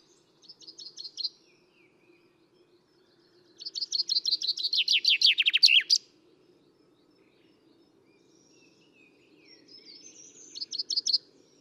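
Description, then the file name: Common chaffinch song: a short trill fragment, then a full descending trill of rapid high notes ending in a flourish, and another brief burst at the end, over steady low hum. "Fringilla coelebs"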